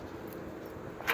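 After maintenance, the metal lid (hood) of a rooftop exhaust fan is handled as it is put back onto the fan housing, over a steady low rumble. A brief tap at about 1.0 s and a louder metallic knock at about 1.1 s are heard as the lid is moved into position. Nothing has seated or clicked yet.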